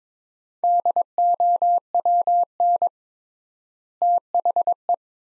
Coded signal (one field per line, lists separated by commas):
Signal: Morse code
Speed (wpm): 22 wpm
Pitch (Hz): 700 Hz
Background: none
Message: DOWN THE